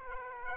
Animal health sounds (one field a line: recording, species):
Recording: mosquito wingbeat signal from an infrared sensor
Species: Aedes aegypti